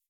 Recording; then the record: hydrophone in a shrimp aquaculture tank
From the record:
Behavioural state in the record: weakened